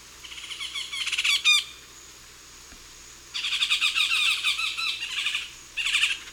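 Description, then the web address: Yellow-tufted woodpecker group calls: bursts of rapid rattling chatter, a pause, then a longer chattering sequence and a final short burst. Group calls; eastern lowlands of South America. "Natures Songs S America Eastern Lowlands. Melanerpes cruentatus, group calls"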